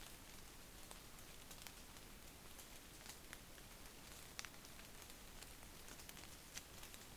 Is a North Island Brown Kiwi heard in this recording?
no